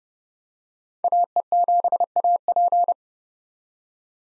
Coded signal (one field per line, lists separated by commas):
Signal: Morse code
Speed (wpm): 31 wpm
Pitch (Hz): 700 Hz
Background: none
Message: AE7AP